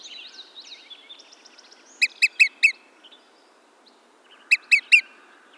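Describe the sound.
Olive-sided flycatcher calling in two bursts of sharp pips, four notes then three about two seconds apart, after a stretch of thin twittering from other birds.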